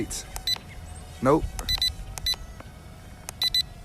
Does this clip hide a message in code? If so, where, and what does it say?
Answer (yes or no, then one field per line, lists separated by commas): no